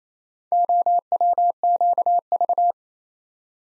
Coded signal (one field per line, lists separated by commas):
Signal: Morse code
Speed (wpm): 27 wpm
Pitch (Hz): 700 Hz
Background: none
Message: OWQV